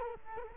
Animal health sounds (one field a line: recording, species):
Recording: mosquito wingbeat signal from an infrared sensor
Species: Culex quinquefasciatus